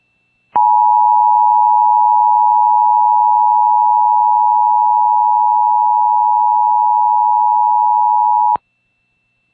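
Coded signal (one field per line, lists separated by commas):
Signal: Emergency Alert System (SAME) tones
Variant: 853 and 960 Hz attention tone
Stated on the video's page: Tornado warning EAS tones received on an NPR station.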